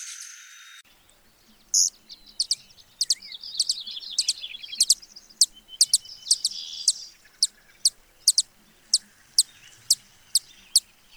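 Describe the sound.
Broad-tailed hummingbird giving sharp, high chip notes in a series, with some buzzy twittering between them early on.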